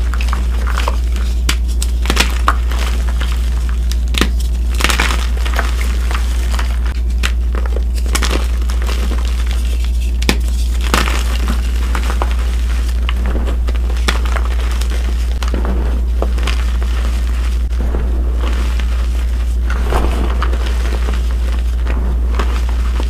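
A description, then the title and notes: Crushing sounds, made of dense, irregular crackles and crunches that snap through the whole clip without a pause. Sharper, brighter cracks stand out every second or two over the constant rustling. A steady low hum runs underneath throughout. Audio only compilation of amazing crushes.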